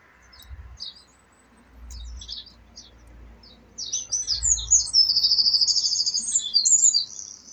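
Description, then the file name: Eurasian wren bursts into a loud, high, rapid trilled song halfway through, after faint chirps and low rumbling background noise. "Troglodytes troglodytes"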